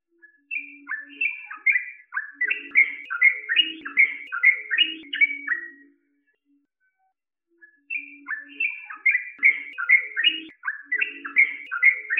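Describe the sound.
Bird song in two bursts of fast, slurred whistles separated by a pause of nearly two seconds, with faint lower chirping notes.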